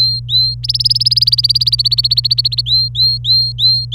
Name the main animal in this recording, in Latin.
Serinus canaria